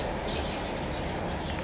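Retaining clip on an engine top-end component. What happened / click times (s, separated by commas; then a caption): The part is being handled and no clip has seated yet / none. A retaining clip on an engine top-end component is handled while the top end of the engine is being finished, with the part fitted on one side and its first clip pressed to go in before the other clip. Only steady, even broadband noise up to about 5 kHz is heard, with no sharp hit. Nothing has seated or clicked yet.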